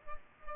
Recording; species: mosquito wingbeat signal from an infrared sensor; Culex pipiens